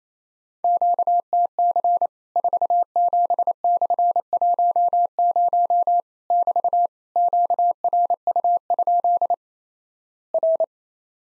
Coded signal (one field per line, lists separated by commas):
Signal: Morse code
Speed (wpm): 28 wpm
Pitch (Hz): 700 Hz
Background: none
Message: QTC 47/10 <BT> QRU? R